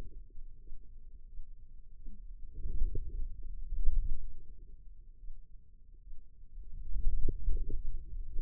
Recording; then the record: forearm muscle sounds (acoustic myography)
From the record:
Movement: wrist extension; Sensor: system 2, bracelet of six BSWA MPA416 microphones around the upper forearm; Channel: 3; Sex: female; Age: 25 years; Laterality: right